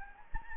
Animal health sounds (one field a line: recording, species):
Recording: mosquito wingbeat signal from an infrared sensor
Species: Anopheles gambiae